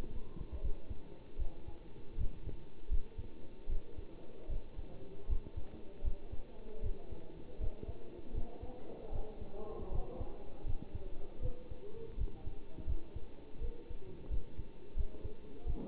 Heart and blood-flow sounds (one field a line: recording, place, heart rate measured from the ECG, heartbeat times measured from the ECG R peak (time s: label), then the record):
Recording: heart sounds by stethoscope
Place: between the tricuspid and mitral areas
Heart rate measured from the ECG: 80 bpm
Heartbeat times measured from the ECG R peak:
0.62 s: heartbeat
1.38 s: heartbeat
2.17 s: heartbeat
2.90 s: heartbeat
3.68 s: heartbeat
4.49 s: heartbeat
5.28 s: heartbeat
6.03 s: heartbeat
6.82 s: heartbeat
7.60 s: heartbeat
8.34 s: heartbeat
9.11 s: heartbeat
9.91 s: heartbeat
10.65 s: heartbeat
11.41 s: heartbeat
12.17 s: heartbeat
12.87 s: heartbeat
13.61 s: heartbeat
14.30 s: heartbeat
14.96 s: heartbeat
15.66 s: heartbeat
From the record:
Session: bicycle stress test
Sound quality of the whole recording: good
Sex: male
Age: 27 years